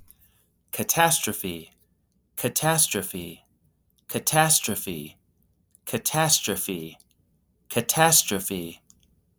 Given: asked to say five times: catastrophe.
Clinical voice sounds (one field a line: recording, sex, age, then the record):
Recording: repeated word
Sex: male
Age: 30 to 39 years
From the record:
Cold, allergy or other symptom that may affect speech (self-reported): no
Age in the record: 39 years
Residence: Wyoming, United States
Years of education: 16